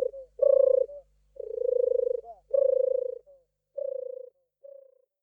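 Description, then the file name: European turtle dove purring, a low pulsed rolling coo repeated in phrases under a second long, separated by short pauses. "Tortora"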